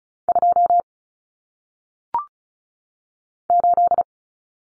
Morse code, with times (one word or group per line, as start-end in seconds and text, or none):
0.3-0.8 2
3.5-4.0 8